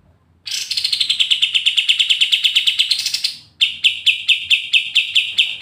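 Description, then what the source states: Pied triller song opening with a brief quiet, then a quick trill that drops slightly in pitch and levels off, followed by a slower series of clipped, evenly spaced notes. Energetic, persistent singing (gacor ngegas) in the brenciu style, used as masteran.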